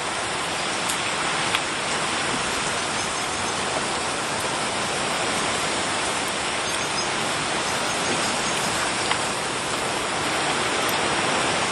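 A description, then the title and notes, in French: Steady rain hisses densely and evenly, bright and unchanging, with faint scattered ticks of drops near 1.6 and 9 seconds. Pluie apaisante en Mayenne. Un son réel de pluie en Mayenne dans un petit village.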